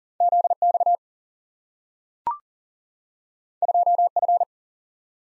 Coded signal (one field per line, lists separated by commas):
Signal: Morse code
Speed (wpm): 40 wpm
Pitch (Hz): 700 Hz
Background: none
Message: ZX 2F